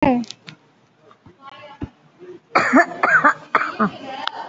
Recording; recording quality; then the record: heavy voluntary cough; excellent, no background noise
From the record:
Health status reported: COVID-19 positive, moderate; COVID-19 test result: positive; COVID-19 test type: RT-PCR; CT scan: taken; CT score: 5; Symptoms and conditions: cough, cold, breathing difficulty, sore throat, fatigue, muscle pain, loss of smell and taste, asthma, hypertension, diabetes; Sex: female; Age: 69 years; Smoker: no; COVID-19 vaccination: one dose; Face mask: worn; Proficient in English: yes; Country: India